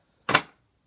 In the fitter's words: and just snaps back in